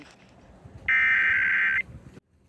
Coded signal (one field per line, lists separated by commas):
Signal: Emergency Alert System (SAME) tones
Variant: header bursts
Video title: Iowa EAS Required Monthly Tests (March 6, 2019)